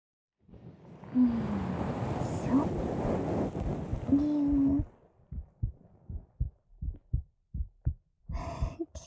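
Rubbing handling noise, then a run of regular low heartbeat thumps: an adult woman's own normal heart sounds, picked up with the microphone held against her chest wall.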